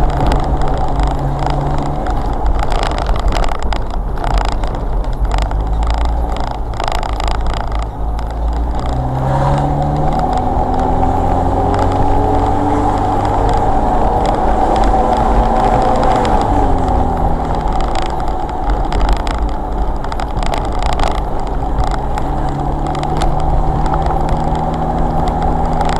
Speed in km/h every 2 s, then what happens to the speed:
31, 27, 23, 15, 13, 21, 23, 26, 31, 26, 24, 24, 29.
0-6 slows to 15. 6-16 speeds up to 31. 16-26 steady at about 26.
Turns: none.